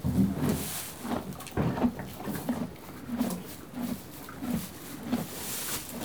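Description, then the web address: Horse eating hay, with irregularly spaced crunchy chewing bursts, plus soft rustling and shuffling between bites. One horse eating hay and moving. "BBC Sound Effects Library. One horse eating hay"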